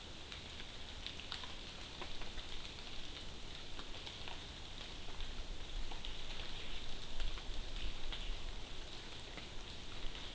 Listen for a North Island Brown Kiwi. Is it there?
no